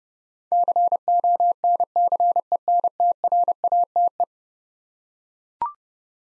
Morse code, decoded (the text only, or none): CONCENTRATE